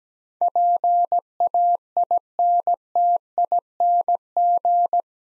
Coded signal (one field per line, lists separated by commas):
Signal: Morse code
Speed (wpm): 17 wpm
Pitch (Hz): 700 Hz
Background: none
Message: PAINTING